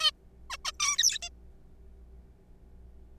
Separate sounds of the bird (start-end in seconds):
0.01-0.11, 0.50-0.57, 0.65-0.72, 0.80-1.18, 1.22-1.29